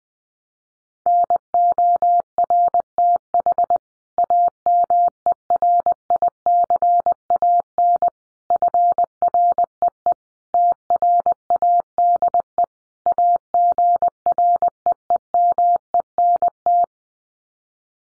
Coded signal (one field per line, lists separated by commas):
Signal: Morse code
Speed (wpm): 19 wpm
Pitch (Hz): 700 Hz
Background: none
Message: NORTH AMERICAN FREE TRADE AGREEMENT